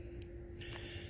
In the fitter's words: you heard that little click it's definitely clicked in